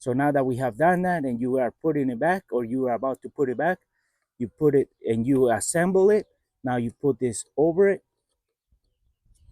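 During reassembly of the engine air filter housing on a Sierra Silverado, an air intake piece is fitted over the assembly, with faint handling sounds in the background. Someone talks throughout, with brief pauses. The clip ends before the part slides home, and nothing has seated or clicked yet.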